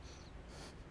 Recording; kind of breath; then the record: one breath in and out by a microphone near the nose and mouth; strong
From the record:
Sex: male